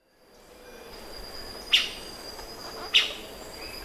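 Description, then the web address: Chestnut-crowned Gnateater calls: two sharp, abrupt chip notes about a second apart, over a faint steady insect hum. Recorded in Ecuador. "Birds of Ecuador 2. Chestnut-Crowned Gnateater"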